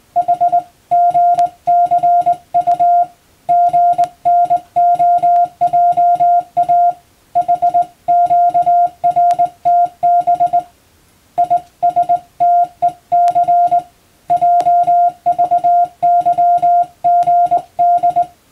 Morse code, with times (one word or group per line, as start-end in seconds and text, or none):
0.2-0.6 H
0.9-3.0 GCU
3.5-6.9 GNOJA
7.4-10.6 HQRTB
11.4-13.8 ISTEC
14.3-18.2 JVYGD